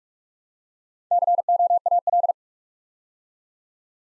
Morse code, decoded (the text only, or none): COAL